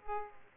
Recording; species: mosquito wingbeat signal from an infrared sensor; Aedes aegypti